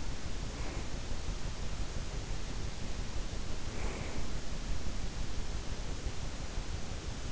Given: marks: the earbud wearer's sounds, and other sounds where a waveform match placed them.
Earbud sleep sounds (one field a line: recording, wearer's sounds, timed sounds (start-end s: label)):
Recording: sounds in sleep by an in-ear microphone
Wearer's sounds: breath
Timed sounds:
0.40-1.21 s: breath
3.46-4.69 s: breath